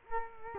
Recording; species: mosquito wingbeat signal from an infrared sensor; Culex quinquefasciatus